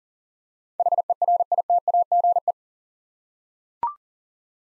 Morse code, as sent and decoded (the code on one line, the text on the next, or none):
.... . .-. .. - .- --. .
HERITAGE